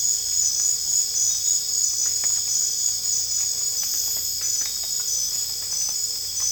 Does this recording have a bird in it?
no